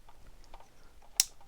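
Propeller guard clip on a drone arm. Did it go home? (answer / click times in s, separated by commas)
yes / 1.2 s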